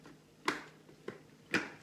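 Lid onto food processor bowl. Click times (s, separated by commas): 0.5 s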